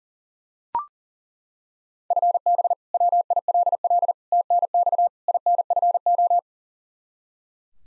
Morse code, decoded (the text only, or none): FB WILL TNX INFO